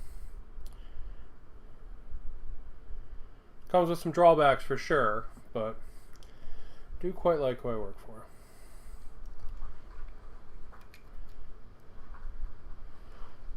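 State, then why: Seated. A body part of an Archon Studios Thall zombie dragon, a plastic or resin miniature model kit, is pushed into its socket on the dragon's body while someone talks for a few seconds. A single short, sharp click is heard at 10.9 s, and the piece is seated in place.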